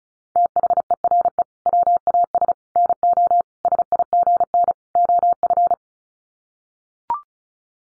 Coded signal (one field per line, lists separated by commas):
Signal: Morse code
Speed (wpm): 34 wpm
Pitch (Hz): 700 Hz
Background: none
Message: THERE WAS NO SIGN OF